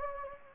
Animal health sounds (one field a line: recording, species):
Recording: mosquito wingbeat signal from an infrared sensor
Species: Anopheles gambiae